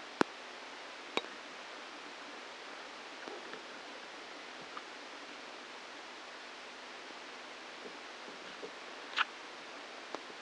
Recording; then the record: brain microelectrode recording played as sound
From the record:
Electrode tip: outside the subthalamic nucleus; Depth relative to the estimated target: 3 mm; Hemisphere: left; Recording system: NeuroSet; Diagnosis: Parkinson's disease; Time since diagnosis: 17 years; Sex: male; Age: 64 years